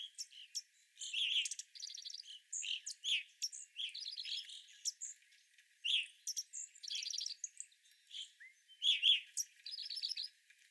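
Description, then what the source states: Evening grosbeak flock calls, many short clear chirps overlapping, some harmonic-rich notes, with buzzy trilled notes in between and brief pauses. Several evening grosbeaks, recorded 25 April 2021.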